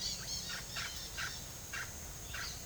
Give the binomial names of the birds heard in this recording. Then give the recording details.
Aratinga weddellii, Psarocolius angustifrons. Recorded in pastures near Puerto Asís, Putumayo, Colombia, on 27 June 2025 at 15:30. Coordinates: 0.497, -76.327. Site G040